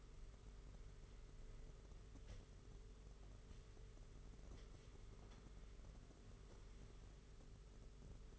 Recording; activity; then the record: daily activity, microphone in the room; wipe stove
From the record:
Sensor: 4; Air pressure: 992.3 hPa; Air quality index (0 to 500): 110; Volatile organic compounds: 19 ppm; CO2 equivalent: 2640 ppm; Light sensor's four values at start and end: 22/76/28/29 and 22/76/28/29